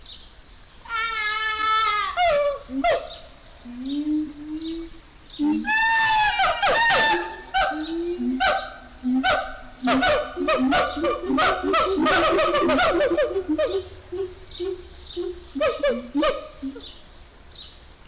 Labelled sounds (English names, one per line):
Siamang